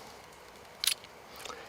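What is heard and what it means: A small tool from a Camillus 5-piece combo is pulled back out of the slot on its knife sheath, where it had been locked in place. A sharp click of release sounds at 0.9 s, followed by faint ticks around 1.0 s and 1.5 s. The tool comes free of the slot.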